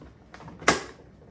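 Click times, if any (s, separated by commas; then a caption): 0.7 s. A gray plastic quick-release valve is pushed onto one of the white valve fittings on the bag of a BEERMKR homebrew system. Faint scraping ticks around 0.3 s and 0.5 s lead into a sharp, bright snap at 0.7 s that rings briefly. The snap shows the valve has seated and is connected.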